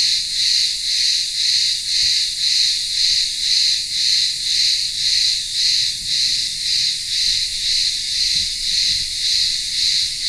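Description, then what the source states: Cicada song as a steady rasping whine, its loudness pulsing evenly about twice per second for the whole stretch. Cicadas singing in the midday heat in a village town square on the remote Greek island of Ikaria.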